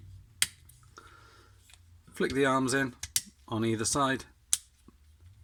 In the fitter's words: should just click into place at the top there.